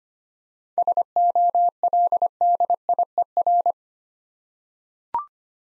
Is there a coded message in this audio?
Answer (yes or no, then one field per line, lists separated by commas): yes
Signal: Morse code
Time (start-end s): 0.8-3.7 s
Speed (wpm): 25 wpm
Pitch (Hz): 700 Hz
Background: none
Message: SOLDIER